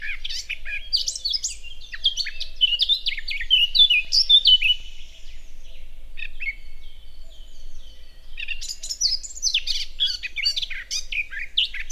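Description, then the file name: Eurasian blackcap singing in two rich warbling bursts of rapid, mixed whistles and chirpy notes, separated by a quieter stretch of thin notes. "Sylvia atricapilla"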